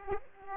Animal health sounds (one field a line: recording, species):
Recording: mosquito wingbeat signal from an infrared sensor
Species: Aedes aegypti